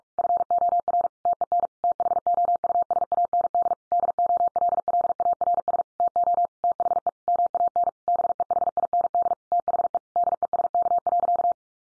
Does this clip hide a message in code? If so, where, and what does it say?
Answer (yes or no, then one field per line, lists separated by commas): yes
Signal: Morse code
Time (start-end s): 0.2-11.5 s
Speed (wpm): 44 wpm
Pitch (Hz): 700 Hz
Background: none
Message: FOR TEN THOUSAND DOLLARS TO THE MAN BEHIND THE DESK.